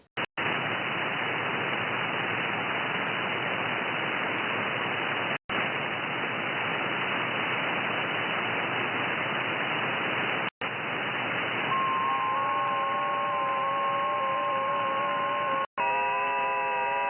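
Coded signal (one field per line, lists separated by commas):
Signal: FT8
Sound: band hiss switching every five seconds, then several faint steady warbling tones together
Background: radio static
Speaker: by simply watching for a few seconds you can tell which bands have ft8 activity and are therefore likely to be open I'm hearing activity in the 30 20 and 17m bands with something very weak on the 15m band with most of the activity on 20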